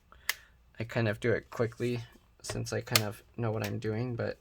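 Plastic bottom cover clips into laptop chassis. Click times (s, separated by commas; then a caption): 0.1 s, 0.3 s. Two short, sharp snaps at 0.1 s and 0.3 s as the plastic bottom cover clips of an HP Laptop 14-cf1015cl are quickly snapped into the laptop chassis, with the top pushed in first and a thumb rolled down to get each clip in. Afterward, someone talks. The clips are seated.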